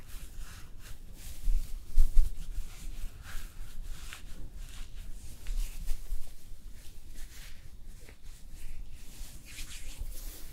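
Hair brushing and styling: soft, irregular bristly strokes and hissing swishes repeat steadily, with a few louder brush-like bumps around two seconds.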